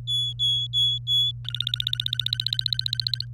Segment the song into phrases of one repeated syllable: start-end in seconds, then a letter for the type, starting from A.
0.07-1.31 A, 1.45-3.25 B